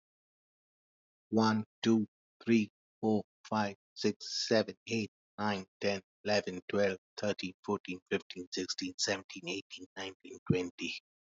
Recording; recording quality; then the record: counting at a normal pace; excellent, no background noise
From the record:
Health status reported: healthy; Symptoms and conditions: none ticked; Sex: male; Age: 45 years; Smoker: yes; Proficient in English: yes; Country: India